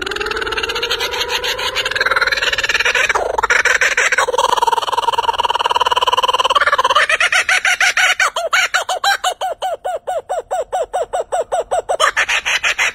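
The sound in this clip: Kookaburra laughing, opening with a rising hoot that builds into loud, harsh cackling and then a rapid, rhythmic chuckling series of repeated notes.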